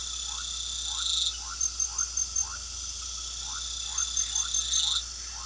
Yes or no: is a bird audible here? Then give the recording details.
no. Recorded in pastures near Puerto Asís, Putumayo, Colombia, on 9 March 2025 at 22:30. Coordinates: 0.497, -76.327. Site G072